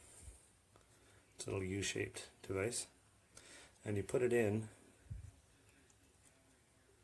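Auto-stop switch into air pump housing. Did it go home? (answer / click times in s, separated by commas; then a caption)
no / none. Someone talks while a U-shaped auto-stop switch is inserted at an angle and lined up in a FujiMAC air pump housing before it is pushed straight down, with faint handling noises in between. The switch has not seated or clicked into place yet.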